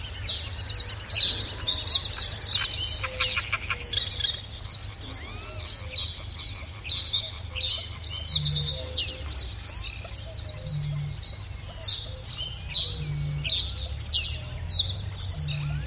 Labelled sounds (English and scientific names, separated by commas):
Reed Bunting (Emberiza schoeniclus)